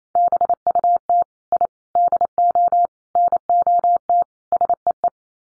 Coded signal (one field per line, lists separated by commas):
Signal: Morse code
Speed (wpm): 28 wpm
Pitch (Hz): 700 Hz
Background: none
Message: BUT I DO NOT SEE